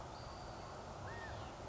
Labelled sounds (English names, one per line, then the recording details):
California Quail
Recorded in Sonoma County, California